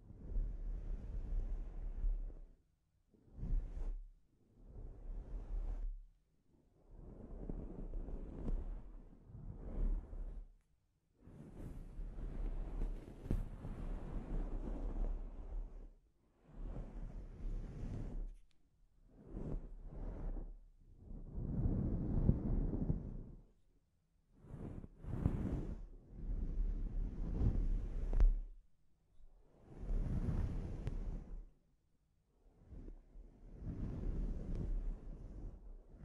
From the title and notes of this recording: ASMR Sleep Inducing Scalp Treatment (No Talking).